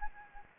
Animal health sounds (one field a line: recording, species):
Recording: mosquito wingbeat signal from an infrared sensor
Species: Anopheles gambiae